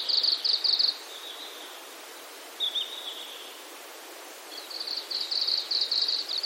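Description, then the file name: Red-flanked bluetail song: a rapid burst of high notes, a short sliding note, then a longer series of quick high notes after a pause, over hiss. "ruribi"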